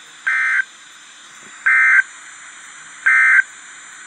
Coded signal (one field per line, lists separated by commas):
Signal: Emergency Alert System (SAME) tones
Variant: end-of-message bursts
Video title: REAL EAS 893-Special marine warning